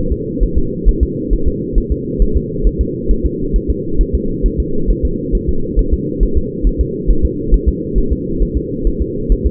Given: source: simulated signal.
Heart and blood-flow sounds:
fetal heart sounds
0.12 s: S2
0.43 s: S1
0.58 s: S2
0.89 s: S1
1.03 s: S2
1.33 s: S1
1.48 s: S2
1.78 s: S1
1.92 s: S2
2.22 s: S1
2.37 s: S2
2.67 s: S1
2.81 s: S2
3.11 s: S1
3.26 s: S2
3.56 s: S1
3.70 s: S2
4.01 s: S1
4.15 s: S2
4.46 s: S1
4.60 s: S2
4.90 s: S1
5.05 s: S2
5.35 s: S1
5.49 s: S2
5.79 s: S1
5.94 s: S2
6.23 s: S1
6.37 s: S2
6.67 s: S1
6.81 s: S2
7.11 s: S1
7.25 s: S2
7.54 s: S1
7.69 s: S2
7.98 s: S1
8.12 s: S2
8.43 s: S1
8.57 s: S2
8.87 s: S1
9.01 s: S2
9.32 s: S1
9.46 s: S2
From the record:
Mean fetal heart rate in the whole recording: 135 bpm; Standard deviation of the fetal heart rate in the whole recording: 3 bpm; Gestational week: 36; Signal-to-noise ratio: -8.1 dB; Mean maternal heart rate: 72 bpm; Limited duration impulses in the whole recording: absent

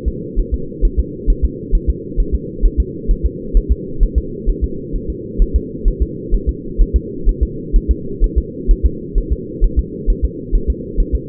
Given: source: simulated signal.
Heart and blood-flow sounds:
fetal heart sounds
0.08 s: S2
0.39 s: S1
0.54 s: S2
0.85 s: S1
0.99 s: S2
1.30 s: S1
1.45 s: S2
1.75 s: S1
1.89 s: S2
2.20 s: S1
2.35 s: S2
2.65 s: S1
2.80 s: S2
3.11 s: S1
3.26 s: S2
3.57 s: S1
3.72 s: S2
4.03 s: S1
4.18 s: S2
4.50 s: S1
4.64 s: S2
4.96 s: S1
5.10 s: S2
5.42 s: S1
5.56 s: S2
5.88 s: S1
6.02 s: S2
6.34 s: S1
6.49 s: S2
6.81 s: S1
6.96 s: S2
7.29 s: S1
7.43 s: S2
7.76 s: S1
7.91 s: S2
8.24 s: S1
8.38 s: S2
8.71 s: S1
8.86 s: S2
9.18 s: S1
9.32 s: S2
9.64 s: S1
9.79 s: S2
10.10 s: S1
10.25 s: S2
10.55 s: S1
10.70 s: S2
11.00 s: S1
11.15 s: S2
From the record:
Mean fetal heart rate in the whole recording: 130 bpm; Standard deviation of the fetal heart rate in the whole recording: 4 bpm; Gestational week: 38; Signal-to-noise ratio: -4.3 dB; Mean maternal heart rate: 72 bpm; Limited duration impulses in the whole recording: absent

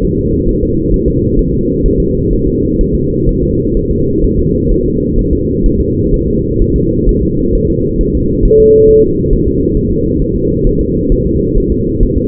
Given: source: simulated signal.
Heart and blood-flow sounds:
fetal heart sounds
0.05 s: S1
0.19 s: S2
0.49 s: S1
0.63 s: S2
0.94 s: S1
1.08 s: S2
1.39 s: S1
1.53 s: S2
1.86 s: S1
2.00 s: S2
2.33 s: S1
2.47 s: S2
2.81 s: S1
2.95 s: S2
3.29 s: S1
3.43 s: S2
3.77 s: S1
3.91 s: S2
4.24 s: S1
4.39 s: S2
4.72 s: S1
4.86 s: S2
5.19 s: S1
5.33 s: S2
5.66 s: S1
5.81 s: S2
6.14 s: S1
6.28 s: S2
6.62 s: S1
6.76 s: S2
7.09 s: S1
7.23 s: S2
7.55 s: S1
7.70 s: S2
8.01 s: S1
8.15 s: S2
8.45 s: S1
8.60 s: S2
8.89 s: S1
9.04 s: S2
9.33 s: S1
9.48 s: S2
9.77 s: S1
9.92 s: S2
10.22 s: S1
10.36 s: S2
10.67 s: S1
10.81 s: S2
11.12 s: S1
11.26 s: S2
11.58 s: S1
11.72 s: S2
12.03 s: S1
12.18 s: S2
From the record:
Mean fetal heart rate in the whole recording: 130 bpm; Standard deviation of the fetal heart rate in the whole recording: 4 bpm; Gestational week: 38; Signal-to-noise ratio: -10.2 dB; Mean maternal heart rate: 72 bpm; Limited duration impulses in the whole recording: present

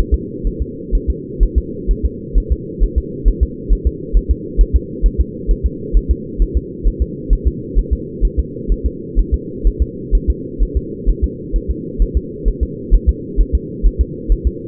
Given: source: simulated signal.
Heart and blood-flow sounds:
fetal heart sounds
0.14 s: S2
0.47 s: S1
0.62 s: S2
0.95 s: S1
1.10 s: S2
1.43 s: S1
1.58 s: S2
1.91 s: S1
2.06 s: S2
2.38 s: S1
2.52 s: S2
2.84 s: S1
2.98 s: S2
3.28 s: S1
3.43 s: S2
3.73 s: S1
3.87 s: S2
4.17 s: S1
4.31 s: S2
4.61 s: S1
4.76 s: S2
5.06 s: S1
5.21 s: S2
5.51 s: S1
5.66 s: S2
5.97 s: S1
6.11 s: S2
6.42 s: S1
6.57 s: S2
6.87 s: S1
7.02 s: S2
7.33 s: S1
7.48 s: S2
7.79 s: S1
7.93 s: S2
8.25 s: S1
8.39 s: S2
8.72 s: S1
8.86 s: S2
9.19 s: S1
9.34 s: S2
9.67 s: S1
9.82 s: S2
10.15 s: S1
10.30 s: S2
10.62 s: S1
10.77 s: S2
11.10 s: S1
11.24 s: S2
11.56 s: S1
11.71 s: S2
12.02 s: S1
12.17 s: S2
12.48 s: S1
12.63 s: S2
12.94 s: S1
13.09 s: S2
13.41 s: S1
13.55 s: S2
13.87 s: S1
14.01 s: S2
14.32 s: S1
14.47 s: S2
From the record:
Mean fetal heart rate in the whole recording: 130 bpm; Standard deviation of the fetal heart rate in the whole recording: 2 bpm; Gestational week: 36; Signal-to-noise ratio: -4.1 dB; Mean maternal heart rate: no maternal heart sound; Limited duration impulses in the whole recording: absent

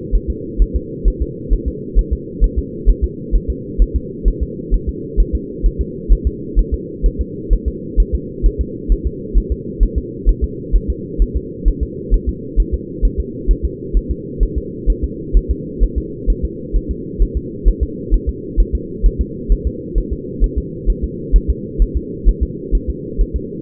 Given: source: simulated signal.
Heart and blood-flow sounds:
fetal heart sounds
0.15 s: S1
0.30 s: S2
0.62 s: S1
0.76 s: S2
1.08 s: S1
1.22 s: S2
1.53 s: S1
1.68 s: S2
1.99 s: S1
2.13 s: S2
2.44 s: S1
2.59 s: S2
2.90 s: S1
3.04 s: S2
3.35 s: S1
3.50 s: S2
3.82 s: S1
3.96 s: S2
4.28 s: S1
4.43 s: S2
4.74 s: S1
4.89 s: S2
5.20 s: S1
5.35 s: S2
5.66 s: S1
5.81 s: S2
6.12 s: S1
6.27 s: S2
6.59 s: S1
6.74 s: S2
7.06 s: S1
7.21 s: S2
7.53 s: S1
7.68 s: S2
8.00 s: S1
8.15 s: S2
8.46 s: S1
8.61 s: S2
8.92 s: S1
9.07 s: S2
9.38 s: S1
9.52 s: S2
9.83 s: S1
9.98 s: S2
10.29 s: S1
10.44 s: S2
10.76 s: S1
10.90 s: S2
11.22 s: S1
11.37 s: S2
11.68 s: S1
11.83 s: S2
12.14 s: S1
12.29 s: S2
12.60 s: S1
12.74 s: S2
13.05 s: S1
13.20 s: S2
13.51 s: S1
13.65 s: S2
13.97 s: S1
14.11 s: S2
14.43 s: S1
14.58 s: S2
14.90 s: S1
15.04 s: S2
15.37 s: S1
15.51 s: S2
15.83 s: S1
15.98 s: S2
16.30 s: S1
16.45 s: S2
16.76 s: S1
16.91 s: S2
17.22 s: S1
17.37 s: S2
17.68 s: S1
17.83 s: S2
18.14 s: S1
18.29 s: S2
18.60 s: S1
18.75 s: S2
19.06 s: S1
19.21 s: S2
19.52 s: S1
19.67 s: S2
19.98 s: S1
20.13 s: S2
20.44 s: S1
20.58 s: S2
20.90 s: S1
21.04 s: S2
21.36 s: S1
21.50 s: S2
21.82 s: S1
21.97 s: S2
22.29 s: S1
22.43 s: S2
22.75 s: S1
22.90 s: S2
23.21 s: S1
23.36 s: S2
From the record:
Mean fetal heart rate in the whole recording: 130 bpm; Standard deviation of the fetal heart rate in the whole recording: 2 bpm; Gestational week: 36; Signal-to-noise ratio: -4.1 dB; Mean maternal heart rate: no maternal heart sound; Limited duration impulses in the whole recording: absent

